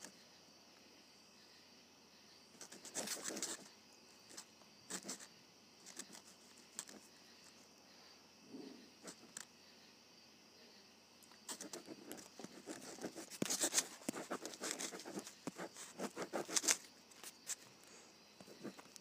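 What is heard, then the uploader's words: A ballpoint pen scratches across paper in short, irregular bursts of dry rustling strokes, with a busier run of writing after about eleven seconds. ASMR Writing with a Ballpoint Pen.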